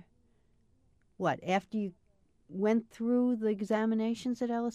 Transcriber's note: none